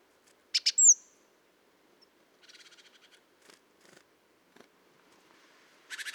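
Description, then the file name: Great tit call: two harsh clicks and a high, thin, falling whistle, followed by faint chattering and ticking, and a loud burst of noise at the end. "Parus major"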